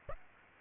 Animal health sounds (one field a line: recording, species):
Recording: mosquito wingbeat signal from an infrared sensor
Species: Aedes aegypti